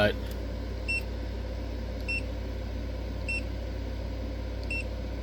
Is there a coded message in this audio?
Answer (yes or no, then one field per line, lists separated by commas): no